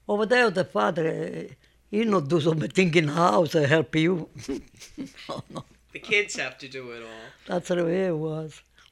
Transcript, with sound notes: Over there the father, he not do some keeping house, help you. ( she laughs )
The kids have to do it all.
That's the way it was.